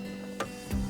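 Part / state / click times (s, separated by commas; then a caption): head unit wiring harness connector lock lever / not seated / none. A head unit wiring harness connector for an Acura MDX/RDX/TLX/ILX is handled over a steady tonal hum, with a brief sharp tap near 0.4 s and a louder, broader rustle near 0.7 s. The harness and its lock lever are still being worked toward the locked position, and nothing has seated or clicked yet.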